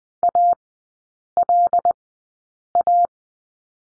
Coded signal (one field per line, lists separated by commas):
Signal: Morse code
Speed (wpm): 20 wpm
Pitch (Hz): 700 Hz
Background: none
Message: ALA